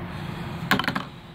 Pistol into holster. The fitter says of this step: snaps right into so